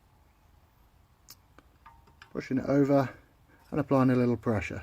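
A charge flap spring clip on a Mitsubishi Outlander PHEV is being positioned over the flap hinge mount, with a few small handling taps between 1.3 and 2.2 seconds before it is pushed home. Someone talks after that. Nothing has clicked or seated yet.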